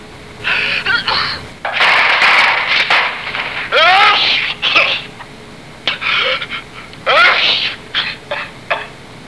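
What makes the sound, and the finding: Adult. Sneeze.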